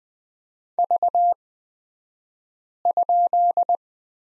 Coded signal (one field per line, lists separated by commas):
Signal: Morse code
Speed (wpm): 20 wpm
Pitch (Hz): 700 Hz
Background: none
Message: V?